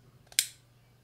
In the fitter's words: and should click in place and that's all